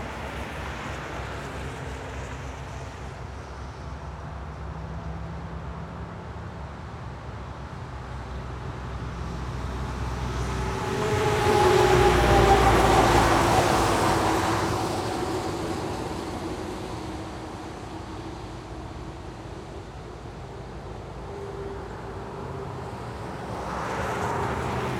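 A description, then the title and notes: A steady low rumble of wind and road noise, with a car hissing past on the wet surface around twelve seconds and another approaching at the end. Light Breeze and Wet Road.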